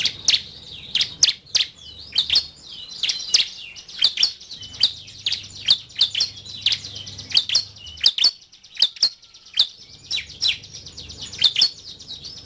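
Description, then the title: Bar-winged prinia song: long run of shrill, clipped chirps and short twittering phrases at a lively, uneven pace, faint hum underneath. "Kicau Ciblek"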